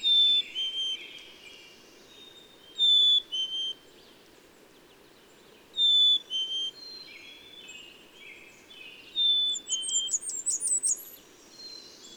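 Bird song: clear high whistled phrases of two or three notes, repeated about every three seconds, with a rapid high trill near the end and many fainter background chirps.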